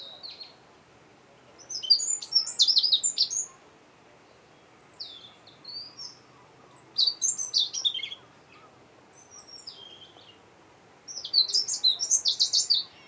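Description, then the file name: European robin giving a series of high, thin, warbling phrases, each lasting under a second to two seconds and separated by short pauses, over a quiet background hiss. "Erithacus rubecula"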